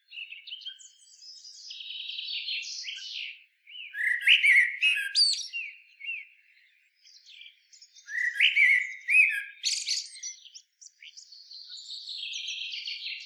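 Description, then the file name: Common blackbird song: two phrases of mellow warbled notes, each breaking into squeaky high twitters, with quieter scratchy chatter trailing between and after them. "Turdus merula"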